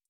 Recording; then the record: hydrophone in a shrimp aquaculture tank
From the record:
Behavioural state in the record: stressed